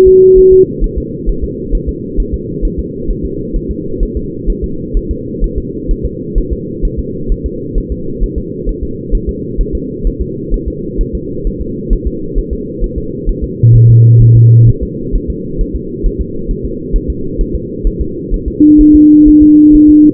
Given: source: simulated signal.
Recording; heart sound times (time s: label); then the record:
fetal heart sounds
0.08 s: S2
0.38 s: S1
0.53 s: S2
0.84 s: S1
0.98 s: S2
1.29 s: S1
1.44 s: S2
1.75 s: S1
1.89 s: S2
2.20 s: S1
2.34 s: S2
2.65 s: S1
2.79 s: S2
3.11 s: S1
3.25 s: S2
3.56 s: S1
3.71 s: S2
4.03 s: S1
4.17 s: S2
4.50 s: S1
4.64 s: S2
4.97 s: S1
5.11 s: S2
5.44 s: S1
5.58 s: S2
5.91 s: S1
6.05 s: S2
6.38 s: S1
6.52 s: S2
6.85 s: S1
6.99 s: S2
7.32 s: S1
7.46 s: S2
7.78 s: S1
7.92 s: S2
8.23 s: S1
8.38 s: S2
8.69 s: S1
8.83 s: S2
9.15 s: S1
9.29 s: S2
9.61 s: S1
9.75 s: S2
10.07 s: S1
10.22 s: S2
10.54 s: S1
10.68 s: S2
11.01 s: S1
11.15 s: S2
11.47 s: S1
11.61 s: S2
11.93 s: S1
12.07 s: S2
12.38 s: S1
12.53 s: S2
12.84 s: S1
12.98 s: S2
13.29 s: S1
13.44 s: S2
13.75 s: S1
13.90 s: S2
14.22 s: S1
14.36 s: S2
14.69 s: S1
14.83 s: S2
15.15 s: S1
15.30 s: S2
15.61 s: S1
15.75 s: S2
16.06 s: S1
16.21 s: S2
16.51 s: S1
16.65 s: S2
16.96 s: S1
17.10 s: S2
17.41 s: S1
17.55 s: S2
17.87 s: S1
18.01 s: S2
18.34 s: S1
18.48 s: S2
18.81 s: S1
18.95 s: S2
19.28 s: S1
19.42 s: S2
19.75 s: S1
19.89 s: S2
From the record:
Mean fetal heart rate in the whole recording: 130 bpm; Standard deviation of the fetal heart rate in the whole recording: 4 bpm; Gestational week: 38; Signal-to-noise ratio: -6.6 dB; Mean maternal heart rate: 72 bpm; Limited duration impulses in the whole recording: present